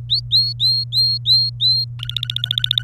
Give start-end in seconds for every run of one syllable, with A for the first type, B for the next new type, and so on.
0.09-1.85 A, 1.99-2.82 B